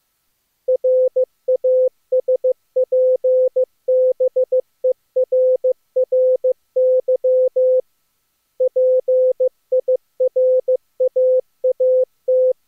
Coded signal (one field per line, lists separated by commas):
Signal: Morse code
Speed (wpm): 22 wpm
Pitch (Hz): 510 Hz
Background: none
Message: RASPBERRY PIRAAT